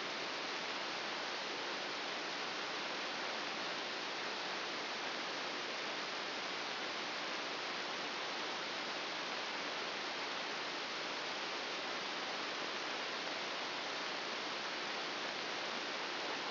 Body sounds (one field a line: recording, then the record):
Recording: brain microelectrode recording played as sound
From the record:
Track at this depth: inside the subthalamic nucleus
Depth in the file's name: 4.601 mm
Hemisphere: right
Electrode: 2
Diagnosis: Parkinson's disease